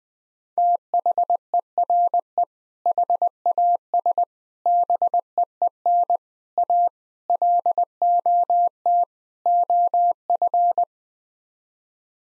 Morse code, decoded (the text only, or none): THERE HAS BEEN A LOT OF